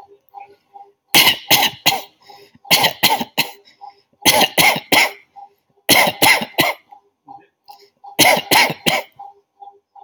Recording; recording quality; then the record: shallow voluntary cough; excellent, no background noise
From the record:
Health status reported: healthy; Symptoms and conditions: hypertension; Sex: male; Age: 30 years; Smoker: not ticked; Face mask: not worn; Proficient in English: yes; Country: India